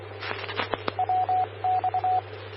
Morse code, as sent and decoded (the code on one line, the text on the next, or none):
.-- -..-
WX